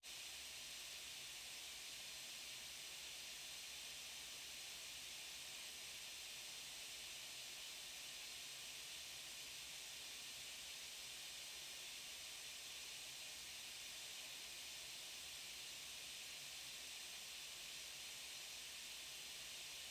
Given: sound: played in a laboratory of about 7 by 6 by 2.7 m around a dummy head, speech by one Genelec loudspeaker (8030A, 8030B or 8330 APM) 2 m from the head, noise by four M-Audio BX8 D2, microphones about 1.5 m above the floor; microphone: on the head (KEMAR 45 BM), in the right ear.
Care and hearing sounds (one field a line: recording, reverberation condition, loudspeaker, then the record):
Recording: white noise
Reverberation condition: low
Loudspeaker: four, about 170 cm from the corners of the room and facing them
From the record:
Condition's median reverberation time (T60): about 310 ms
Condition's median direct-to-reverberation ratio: about 3.5 dB